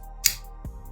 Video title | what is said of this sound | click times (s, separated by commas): Incredible Precision Machined Pens and Bolt Action Knife by Tactile Turn | have a locked blade it is not going anywhere unless you push this up and over and when you do it retracts fast look at this | 0.3 s